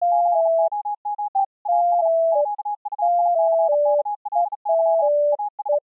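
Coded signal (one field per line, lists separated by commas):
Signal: Morse code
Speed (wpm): 36 wpm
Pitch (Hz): 830 Hz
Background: music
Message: COME AS QUICKLY AS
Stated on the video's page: Song written in Morse as a tribute to the Titanic disaster; a recreation, not a real transmission.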